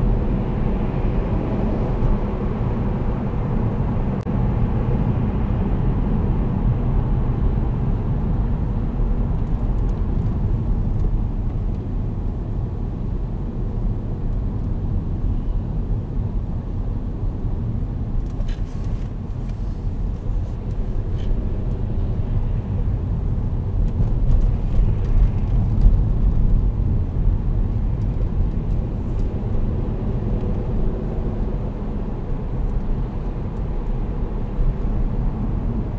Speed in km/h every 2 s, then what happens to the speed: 62, 65, 59, 50, 43, 37, 36, 33, 29, 26, 30, 32, 32, 28, 29, 40, 46, 43.
3-17 slows to 26. 17-28 steady at about 29. 28-32 speeds up to 46.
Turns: 7-17, 21-28.